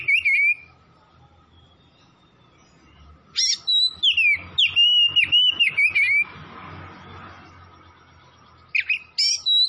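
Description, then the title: Oriental magpie-robin singing rich whistled phrases with rising and falling slurred notes, a long burst in the middle and short fragments at the start and end, over faint background hum. Singing vigorously (gacor); Tretes. "Kacer Tretes Gacor"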